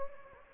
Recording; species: mosquito wingbeat signal from an infrared sensor; Anopheles gambiae